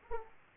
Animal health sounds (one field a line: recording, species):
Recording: mosquito wingbeat signal from an infrared sensor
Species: Aedes aegypti